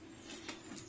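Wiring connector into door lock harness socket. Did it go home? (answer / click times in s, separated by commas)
yes / 0.5 s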